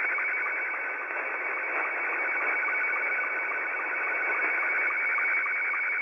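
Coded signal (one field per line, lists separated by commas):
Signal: SSTV (slow-scan television)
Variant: Scottie 2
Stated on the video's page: SSTV on 14.230 MHz received from far away using a WebSDR as receiver.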